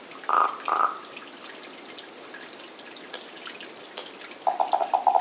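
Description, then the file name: Common raven giving two ringing, bell-like notes, then after a pause a rapid run of hollow, wooden knocking notes. "Common Raven - Corvus corax"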